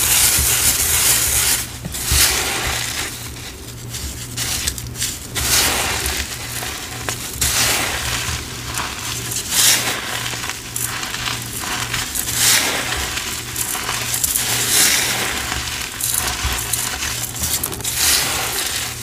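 Powder being sifted and mixed, a soft gritty hiss with repeated brighter bursts of crunchy scraping every second or two. The texture stays dense and fairly steady throughout, over a constant low hum in the background.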